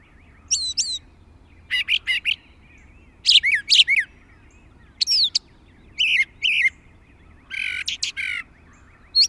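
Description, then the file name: Brown thrasher song of paired phrases, bright slurred whistles alternating with rough, buzzy notes, spaced about a second apart. "suara-kicauan-brown-thrasher 5-omkicau"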